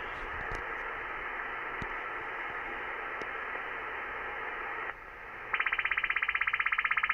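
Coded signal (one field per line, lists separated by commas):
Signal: radar signal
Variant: over-the-horizon radar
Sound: radio hiss, then a fast steady buzzing rattle of sweeps, about 13 per second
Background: radio static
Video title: Over The Horizon Radar August 14th, 2016 at 07:20 UTC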